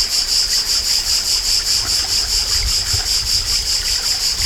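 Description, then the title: Grey cicada, sustained harsh high-pitched buzzing that swells rhythmically, with a light low hum behind it. Mane, Alpes-de-Haute-Provence, France, July 1999. "Sylvain Jaskowiak - Animus. Cigale grise - Mane, Alpes-de-Haute-Provence - juillet 1999"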